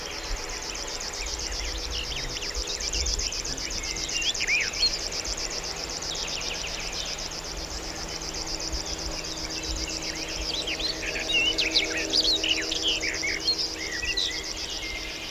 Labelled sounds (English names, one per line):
River Warbler song